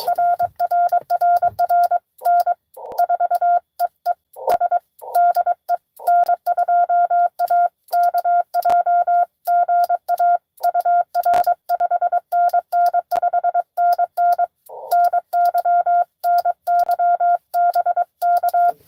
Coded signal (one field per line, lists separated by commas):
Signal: Morse code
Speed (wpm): 22 wpm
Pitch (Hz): 700 Hz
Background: none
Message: RRRR N4EES DE N2AKJ GA UR 5NN 5NN NY NY BK